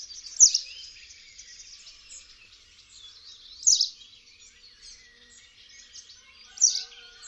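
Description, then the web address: White wagtail song: three sharp, high chirps roughly every three seconds over a faint, steady background of high twittering. "kurspttk Kurs materiały Przyroda Ptaki Pliszka siwa"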